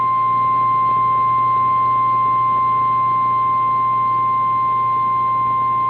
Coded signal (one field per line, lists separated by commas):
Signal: Emergency Alert System (SAME) tones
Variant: 1050 Hz attention tone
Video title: Severe Thunderstorm Warning (Wallace County, KS) (9/9/25) [EAS #296]